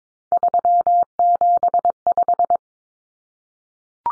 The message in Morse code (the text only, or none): 375